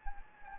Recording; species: mosquito wingbeat signal from an infrared sensor; Anopheles gambiae